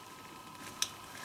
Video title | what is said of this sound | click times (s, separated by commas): R1 Crossplane 2009 (Tuto indicateur de rapport) | on essaye bien à écouter le petit clic | 0.8 s